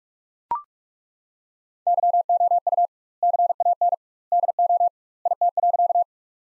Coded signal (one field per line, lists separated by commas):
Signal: Morse code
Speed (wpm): 41 wpm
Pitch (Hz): 700 Hz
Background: none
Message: YOU CAN DO IT.